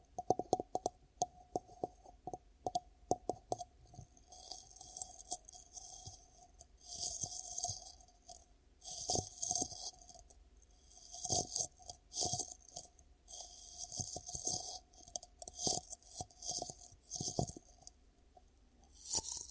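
Ear cupping sounds: quick, crisp taps and pats come in irregular clusters, with bursts of bright, hissy rustling swelling through the middle and later stretches. A faint low hum runs steadily underneath, and short quiet gaps separate the flurries.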